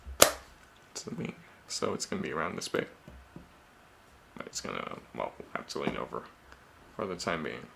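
A plastic brick peg is pressed into a Lego Star Wars Imperial TIE fighter model, giving a single sharp snap at 0.2 s as it seats into place. Someone then talks, with brief handling noises between the words.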